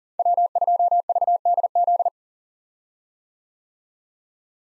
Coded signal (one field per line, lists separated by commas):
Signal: Morse code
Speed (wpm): 37 wpm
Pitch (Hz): 700 Hz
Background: none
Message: W2VDZ